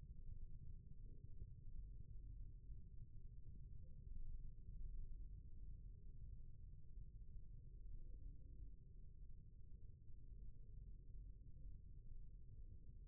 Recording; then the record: forearm muscle sounds (acoustic myography)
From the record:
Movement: rest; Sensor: system 1, eight BSWA MPA416 microphones around the upper forearm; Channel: 1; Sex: male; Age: 20 years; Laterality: left